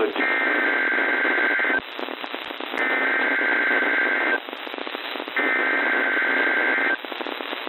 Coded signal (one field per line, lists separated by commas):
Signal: Emergency Alert System (SAME) tones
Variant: header bursts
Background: speech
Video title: [EAS] Required Weekly Tests - 2026-04-08 (See Description)